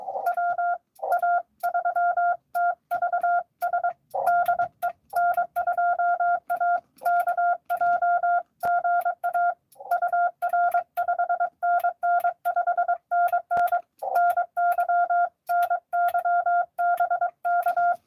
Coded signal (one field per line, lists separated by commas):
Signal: Morse code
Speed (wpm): 23 wpm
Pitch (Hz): 700 Hz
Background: none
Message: WA3TVS DE N2AKJ GA UR 5NN 5NN NY NY BK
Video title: N2AKJ is live! Doing parks on the air at nessequogue river state park us-2114 #pota #cw